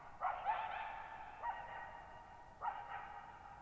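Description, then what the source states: Coyote uttering a quick run of three sharp barks about a second apart, the first doubled, with rolling echoes trailing each one. Lone coyote at night, July 14, 2019, at Thirtymile Meadows, Okanogan National Forest, Okanogan High Country, Pacific Northwest, 6400 ft, on a dry plateau meadow bowl with boggy ground burbling.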